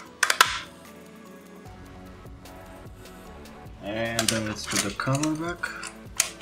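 A plastic battery compartment cover is fitted onto a Godox 64 LED camera video light after four AA batteries are loaded, and it is pressed toward closed, with short sharp handling taps near 0.2–0.4 s and 6.2–6.4 s. Someone talks over background music. Nothing has seated or clicked yet by the end of the clip.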